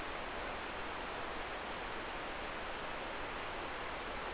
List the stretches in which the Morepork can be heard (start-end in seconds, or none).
none